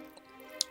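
The screw-down crown of a Vostok Amphibia 710394n Classic Russian military mechanical diver's watch with a 2416 automatic movement is unscrewed and pulled out of the wristwatch case. A faint tick comes at 0.2 s, then a sharp, bright click at 0.6 s as the crown is released and the winding clutch engages.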